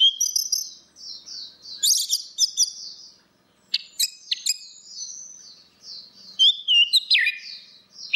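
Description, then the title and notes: Orange-headed thrush song: a long, rambling stream of high whistles, twittering notes and sharp clicks, with one brief pause midway. Continuous singing (ngeplong) recording made for training other birds (masteran). "Suara Burung Anis Merah Ngeplong. Masteran Anis Kembang"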